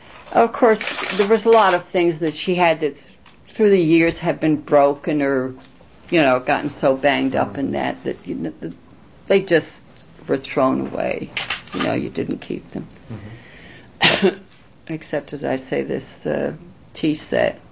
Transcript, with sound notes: Of course, there was a lot of things that she had that through the years had been broken or, you know, gotten so banged up and that that they just were thrown away. You know, you didn't keep them. ( she coughs ) Except, as I say, this tea set.